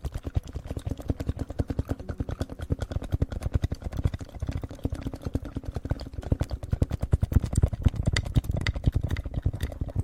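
Sticky, wet clicking from aloe vera gel worked over the ears, dense and fast throughout, with a low rumbling swell that builds slightly later.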